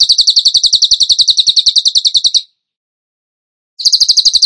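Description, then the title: Bird song: fast chirp series lasting over two seconds, a silent gap, then the same quick pulsed run starting again. Masteran training recording for songbirds, tembakan gacor song style. "Masteran Burung Tembakan Gacor"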